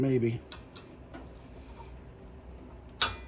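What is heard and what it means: A throttle linkage rod clip is snapped back onto the carburetor linkage of a Predator 9000 Watt portable generator during a propane conversion. Someone talks briefly at the start, a few faint ticks follow, and then one sharp click rings out at 3.0 s. The clip is seated.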